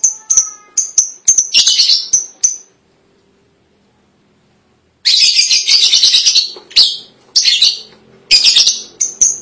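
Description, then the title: Lovebird calls: shrill high chirps repeated in quick series, then after a pause of about two seconds, bursts of harsh rapid chattering mixed with sharp chirps. "BM Suara Burung Lovebird"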